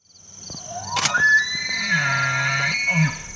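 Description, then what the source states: Elk bugling: a whistled note slides up and holds high and steady, with a deep lower tone beneath. Male during the rut, bugling to compete for females as a mating call; can sound spine-chilling; recorded in September, Department of Game and Inland Fisheries.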